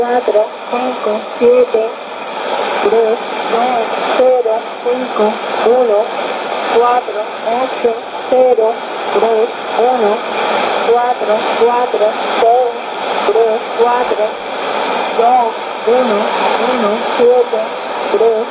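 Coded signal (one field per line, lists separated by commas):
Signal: numbers station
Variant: HM01, Spanish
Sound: a woman's voice reading digits in Spanish, evenly paced, over radio hiss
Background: radio static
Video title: 09 01 2015 Cuban Spy HM01 in Spanish 0659 on 9330 Bauta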